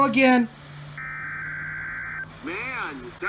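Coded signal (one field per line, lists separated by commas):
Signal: Emergency Alert System (SAME) tones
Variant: header bursts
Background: speech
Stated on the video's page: NOAA Weather Radio weekly test broadcasts.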